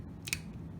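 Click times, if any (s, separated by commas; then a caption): none. A mode-select pushbutton in the switch bank of an HP power meter is pressed, and a sharp, bright snap at about 0.3 s is heard as it springs back out over a low steady hum. The button fails to latch and stay down until released as it is supposed to, so nothing has latched or clicked into place.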